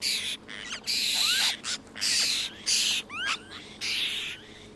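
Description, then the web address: Apostlebirds calling as a group: harsh, scratchy bursts repeated in quick succession, mixed with short rising whistled notes, over a low steady background hum. Several birds calling together as a group. "Foundation Updates BIRD APOSTLE BIRD GROUP CALL"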